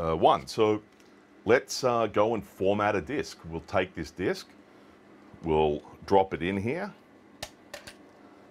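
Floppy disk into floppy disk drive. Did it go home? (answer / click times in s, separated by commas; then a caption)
yes / 7.4 s. Someone talks, then a 3.5-inch floppy disk is pushed into a repaired HP 9121D/9122D floppy drive unit. It seats with a sharp click at 7.4 s, followed by two fainter clicks. The disk clicks in much further than before, and the drive's red light comes on.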